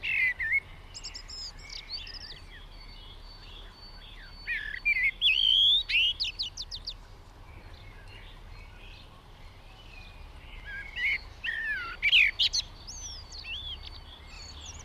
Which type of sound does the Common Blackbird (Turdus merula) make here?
song